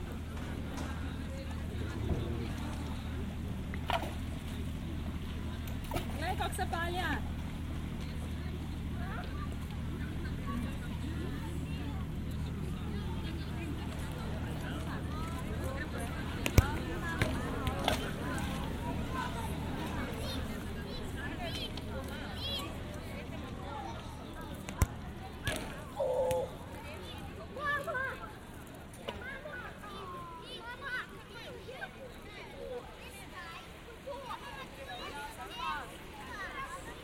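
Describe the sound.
A beach scene with a mother and child: voices chatter on and off throughout, with scattered short exclamations. A steady low rumble runs underneath the whole time, like a motor humming. A few sharp knocks or thumps stand out around 17 and 25 seconds.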